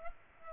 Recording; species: mosquito wingbeat signal from an infrared sensor; Culex pipiens